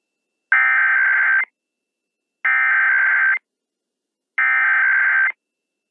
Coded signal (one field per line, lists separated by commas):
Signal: Emergency Alert System (SAME) tones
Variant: header bursts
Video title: Emergency Alert System (EAS) Required Monthly Test (RMT) North Texas WBAP-AM DFW Metroplex, Texas